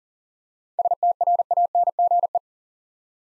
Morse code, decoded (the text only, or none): STRANGE